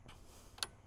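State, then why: Seated. The second-side end of bow four on a Bestop Trek Top Glide Slant Back soft top is pushed into its quick-connect bracket after some difficulty. A faint soft bump at 0.1 s is followed by a single sharp, bright click at 0.6 s. The bow end seats home in the fitting.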